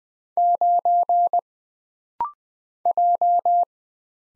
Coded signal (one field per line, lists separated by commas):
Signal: Morse code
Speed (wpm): 20 wpm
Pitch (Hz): 700 Hz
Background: none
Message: 9 J